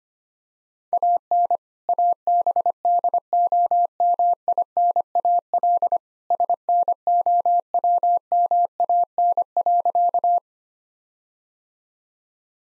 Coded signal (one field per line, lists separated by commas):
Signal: Morse code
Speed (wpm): 25 wpm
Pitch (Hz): 700 Hz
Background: none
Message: AN ABDOMINAL SNOWMAN.